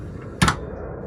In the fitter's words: and it locks into place.